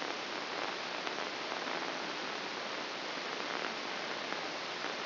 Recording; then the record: brain microelectrode recording played as sound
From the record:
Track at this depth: inside the subthalamic nucleus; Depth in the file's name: 6.505 mm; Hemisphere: left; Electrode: 2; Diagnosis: Parkinson's disease